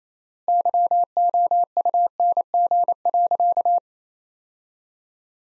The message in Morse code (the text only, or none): YOUNG.